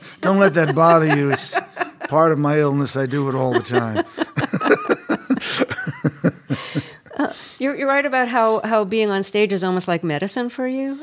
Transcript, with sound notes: Don't let that bother you. It's part of my illness. I do it all the time.
(LAUGHTER)
You write about how being on stage is almost like medicine for you,